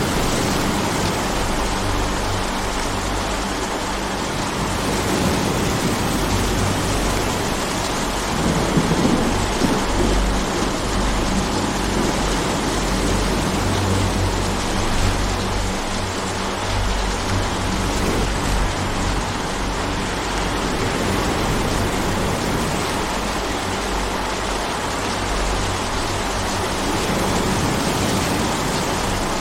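A rainstorm pours steadily and densely, a full hiss reaching from deep rumble up to bright spatter. Low thunder-like rumbling swells underneath, rising around 8 to 11 seconds and again near 15 seconds, while the rain stays constant throughout.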